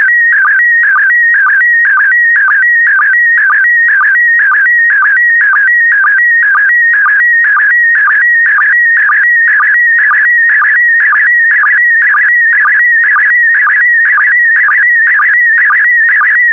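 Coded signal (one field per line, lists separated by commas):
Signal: SSTV (slow-scan television)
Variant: PD120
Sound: warbling tone near 2 kHz with a short low blip about twice a second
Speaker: the next image transmission will start in 10 seconds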